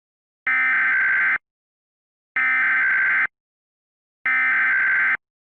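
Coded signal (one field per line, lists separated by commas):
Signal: Emergency Alert System (SAME) tones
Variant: header bursts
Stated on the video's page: Mock Blizzard Warning for South Dakota; simulated alert.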